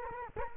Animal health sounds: mosquito wingbeat signal from an infrared sensor; Culex quinquefasciatus

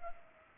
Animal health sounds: mosquito wingbeat signal from an infrared sensor; Culex pipiens

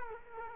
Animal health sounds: mosquito wingbeat signal from an infrared sensor; Culex quinquefasciatus

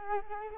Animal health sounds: mosquito wingbeat signal from an infrared sensor; Culex quinquefasciatus

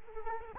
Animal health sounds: mosquito wingbeat signal from an infrared sensor; Culex quinquefasciatus

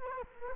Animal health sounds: mosquito wingbeat signal from an infrared sensor; Culex quinquefasciatus

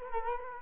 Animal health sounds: mosquito wingbeat signal from an infrared sensor; Culex quinquefasciatus

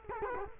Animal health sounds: mosquito wingbeat signal from an infrared sensor; Culex quinquefasciatus

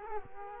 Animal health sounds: mosquito wingbeat signal from an infrared sensor; Culex quinquefasciatus

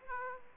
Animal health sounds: mosquito wingbeat signal from an infrared sensor; Aedes aegypti

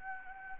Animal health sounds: mosquito wingbeat signal from an infrared sensor; Anopheles gambiae

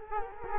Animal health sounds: mosquito wingbeat signal from an infrared sensor; Culex quinquefasciatus

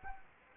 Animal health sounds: mosquito wingbeat signal from an infrared sensor; Anopheles gambiae

